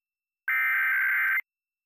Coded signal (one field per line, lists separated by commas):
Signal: Emergency Alert System (SAME) tones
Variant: header bursts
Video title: PBS Kids Sign Off With EAS (2-3-2022 MPT)